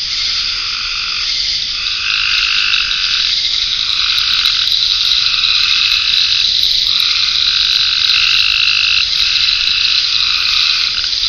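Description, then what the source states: Frogs croaking in overlapping drawn-out calls, bursts of about a second or more following one another, over a steady high insect chorus. Frogs in ponds, near a pond in a forest wildlife management area, with crickets.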